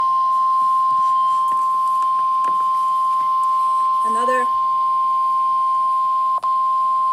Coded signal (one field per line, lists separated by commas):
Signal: Emergency Alert System (SAME) tones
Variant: 1050 Hz attention tone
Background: speech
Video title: Severe Thunderstorm Warning #8 (EAS #15) (6/11/2023)